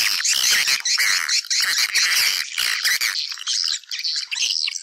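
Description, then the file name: Loud, buzzy swiftlet chirps in quick, uneven bursts, with scattered looping notes toward the end. Lure sound used to attract swiftlets for nest farming. "Am thanh du yen"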